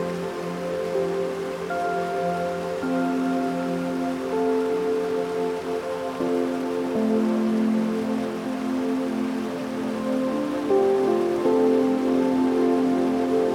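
A steady rushing waterfall wash runs beneath soft, sustained music whose low held notes shift slowly every few seconds, staying even throughout.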